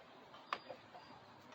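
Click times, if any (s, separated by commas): 0.5 s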